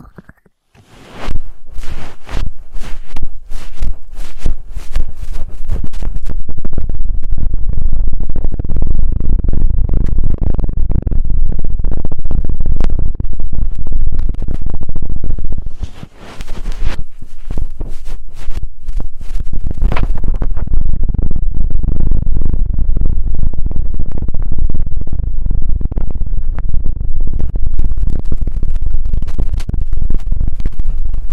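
Intense ear triggers with no talking: dense, crackling rustles and scratches run almost continuously, heavy in the low end with many sharp clicks reaching up bright. The sound stays loud throughout, dipping briefly near 16 seconds before resuming, with bursts of sharper crackle around 17 and 20 seconds.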